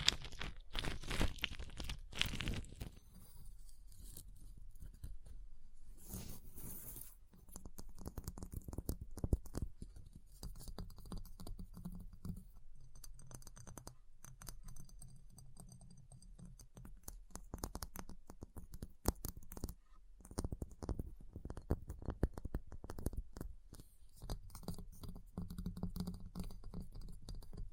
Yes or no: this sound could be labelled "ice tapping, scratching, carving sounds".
yes